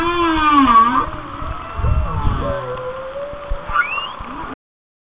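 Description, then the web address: Whale song with a wavering low moan and layered whistles, a low rumbling burst, then a rising squeal before the sound cuts off. "Natures Songs Whale Songs Whale Songs"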